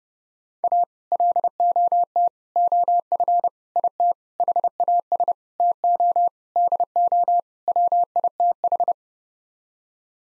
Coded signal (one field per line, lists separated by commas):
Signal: Morse code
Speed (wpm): 30 wpm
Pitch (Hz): 700 Hz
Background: none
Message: A LOT OF IT HAS TO DO WITH